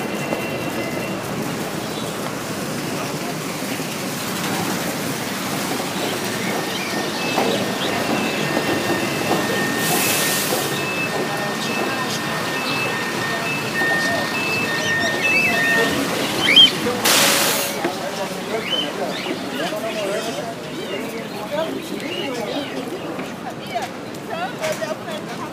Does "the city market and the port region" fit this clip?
yes